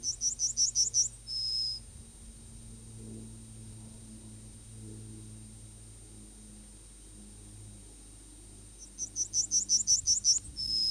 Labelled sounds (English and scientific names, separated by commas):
Yellowhammer (Emberiza citrinella) song